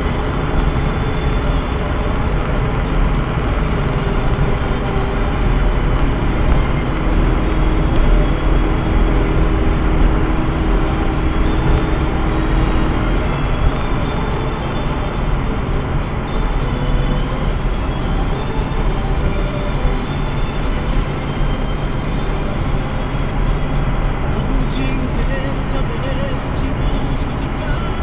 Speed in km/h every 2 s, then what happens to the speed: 128, 126, 127, 128, 128, 125, 121, 115, 115, 115, 115, 115, 114, 113.
0-9 steady at about 128. 9-14 slows to 115. 14-28 steady at about 115.